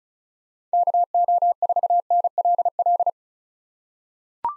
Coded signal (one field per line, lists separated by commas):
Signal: Morse code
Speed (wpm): 36 wpm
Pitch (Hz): 700 Hz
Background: none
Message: KO4NLL